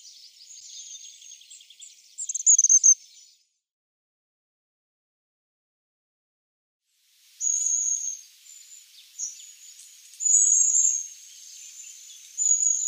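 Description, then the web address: Long-tailed tit giving high, thin calls, then a silent gap, then more high calls including drawn-out thin notes. "Schulze Peter Long-tailed Tit"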